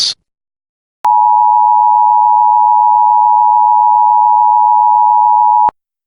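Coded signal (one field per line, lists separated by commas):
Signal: Emergency Alert System (SAME) tones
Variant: 853 and 960 Hz attention tone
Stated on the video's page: Simulated EAS scenario, fictional Cold War-inspired retaliation alert.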